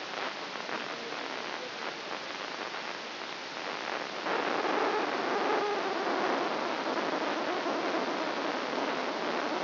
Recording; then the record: brain microelectrode recording played as sound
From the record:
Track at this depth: inside the subthalamic nucleus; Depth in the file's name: 5.705 mm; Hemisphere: left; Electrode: 3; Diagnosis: Parkinson's disease